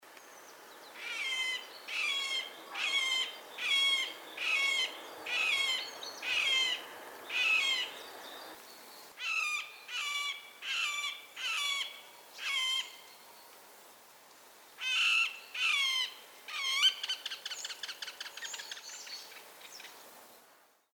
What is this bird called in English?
Middle Spotted Woodpecker